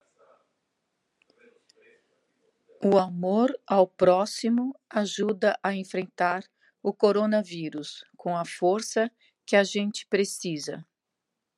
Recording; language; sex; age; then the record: spoken sentence; Brazilian Portuguese; female; 60 to 69 years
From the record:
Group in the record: control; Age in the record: 64 years